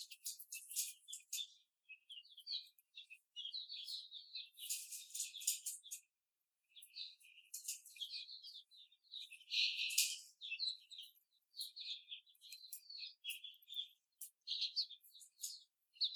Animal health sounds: young laying hens in a cage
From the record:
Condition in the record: before the stressor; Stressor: simulated dog barking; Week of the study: 4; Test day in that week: 2

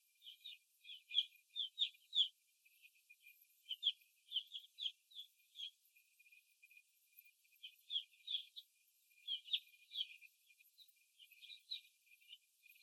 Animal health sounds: young laying hens in a cage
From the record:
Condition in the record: after the stressor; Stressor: simulated dog barking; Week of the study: 1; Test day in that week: 2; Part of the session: 3

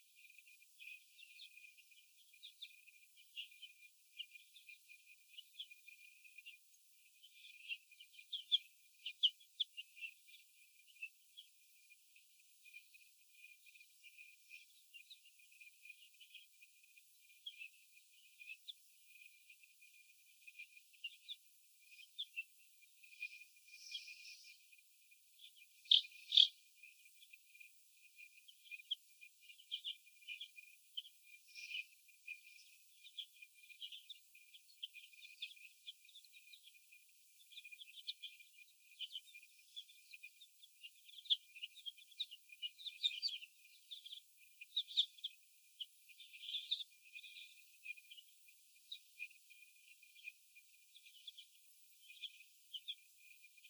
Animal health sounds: young laying hens in a cage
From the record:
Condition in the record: after the stressor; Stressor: sudden umbrella opening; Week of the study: 2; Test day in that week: 1

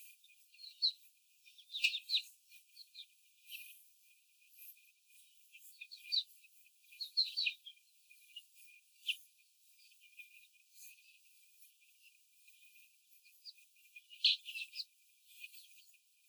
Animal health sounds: young laying hens in a cage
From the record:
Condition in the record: before the stressor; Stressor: simulated dog barking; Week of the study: 4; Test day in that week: 1

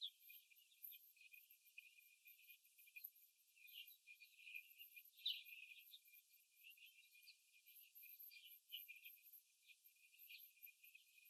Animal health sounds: young laying hens in a cage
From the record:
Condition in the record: after the stressor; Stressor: simulated dog barking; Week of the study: 3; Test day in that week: 2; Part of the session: 2

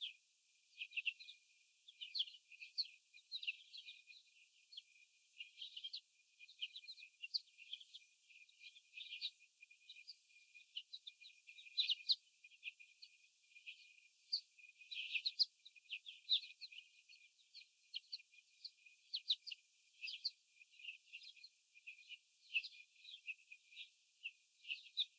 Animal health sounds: young laying hens in a cage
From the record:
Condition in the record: after the stressor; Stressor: sudden umbrella opening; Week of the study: 3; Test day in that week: 2

